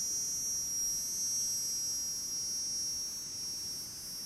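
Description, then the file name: Cicada call, a steady piercing high buzz with a fainter whining tone beneath, unbroken for the whole stretch. A distinctive, very shrill cicada in dry forest, with other cicadas in the background. "Cigarra diferente bem estridente outras cigarras no fundo na mata seca, passaros bem longe"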